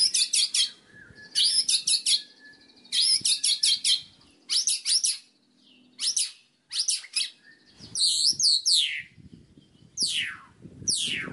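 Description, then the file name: White-rumped shama: songbird phrases of bursts of rich, rapid chattering notes, separated by short pauses, ending with loud descending whistled sweeps; faint low background hum. Master recording of song used for training birds. "suara masteran murai batu"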